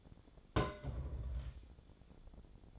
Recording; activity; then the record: daily activity, microphone in the room; place on stove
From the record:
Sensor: 5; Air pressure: 1000.1 hPa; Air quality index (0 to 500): 96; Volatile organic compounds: 1 ppm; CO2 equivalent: 779 ppm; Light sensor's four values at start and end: 285/658/289/325 and 284/656/288/324